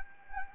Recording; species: mosquito wingbeat signal from an infrared sensor; Anopheles gambiae